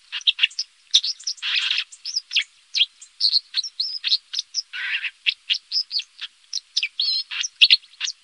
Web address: Faglar Sound Stromstare